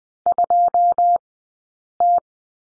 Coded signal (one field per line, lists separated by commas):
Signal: Morse code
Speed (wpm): 20 wpm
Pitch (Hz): 700 Hz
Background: none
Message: 2T